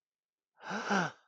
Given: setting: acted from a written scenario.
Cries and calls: vocal sound without words; awe

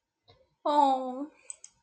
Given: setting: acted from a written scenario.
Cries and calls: vocal sound without words; adoration

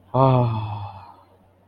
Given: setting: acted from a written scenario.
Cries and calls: vocal sound without words; ecstasy

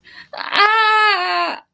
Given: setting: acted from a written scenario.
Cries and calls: vocal sound without words; distress

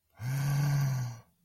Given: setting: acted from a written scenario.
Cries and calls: vocal sound without words; ecstasy

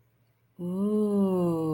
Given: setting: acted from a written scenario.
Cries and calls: vocal sound without words; awe

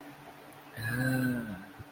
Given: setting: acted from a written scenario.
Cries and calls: vocal sound without words; desire

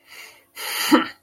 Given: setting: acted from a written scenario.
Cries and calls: vocal sound without words; anger

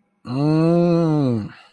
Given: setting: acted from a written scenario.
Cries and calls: vocal sound without words; desire

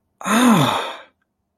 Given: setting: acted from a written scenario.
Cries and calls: vocal sound without words; pain

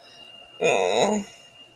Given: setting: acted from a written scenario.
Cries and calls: vocal sound without words; confusion

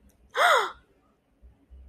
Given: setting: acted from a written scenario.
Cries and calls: vocal sound without words; positive surprise

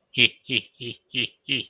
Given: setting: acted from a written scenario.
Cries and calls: vocal sound without words; amusement

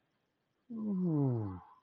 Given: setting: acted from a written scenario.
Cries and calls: vocal sound without words; adoration

